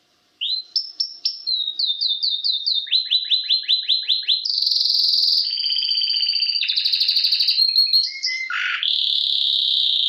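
Canary song, a long loud varied series of rapid trills, buzzy rolls and whistled phrases shifting pitch every second or so, with no other sounds.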